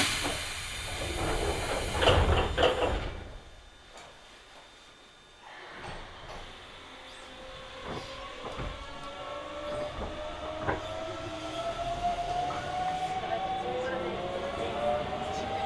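A Hokuso Railway train ride toward the Toei Asakusa Line. A loud rumble fills the first three seconds, then dies to a brief lull. From about six seconds a motor whine rises steadily in pitch as the train accelerates, with occasional sharp clacks over the rails.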